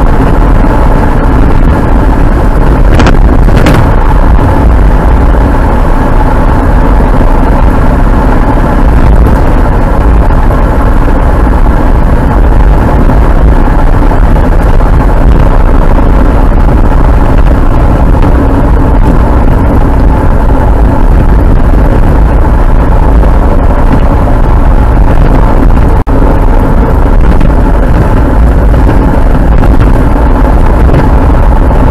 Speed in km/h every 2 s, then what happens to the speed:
72, 72, 72, 73, 73, 73, 73, 72, 63, 55, 54, 62, 59, 59, 59, 64.
0-14 steady at about 72. 14-19 brakes to 54. 19-21 speeds up to 62. 21-32 steady at about 59.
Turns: none.